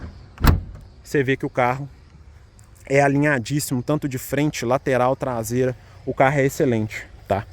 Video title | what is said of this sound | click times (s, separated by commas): COMO EU COMPREI ESTE OPALA COM MOTOR DE CORRIDA | o capu aqui ele tá entre aberto tá ele não tá travado ele crava aqui bonitinho e | 0.5 s